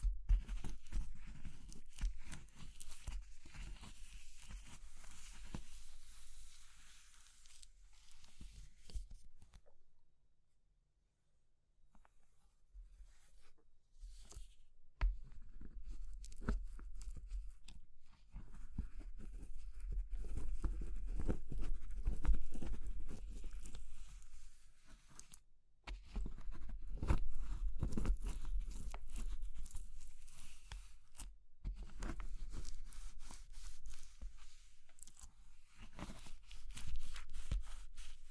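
Crumbly material such as soap, chalk or meringue is crushed in bursts of dense, crackling and scraping sound, with sharp clicks scattered through. Activity pauses into near silence around ten seconds, resumes, then briefly drops again near twenty-six and thirty-one seconds.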